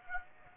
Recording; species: mosquito wingbeat signal from an infrared sensor; Aedes aegypti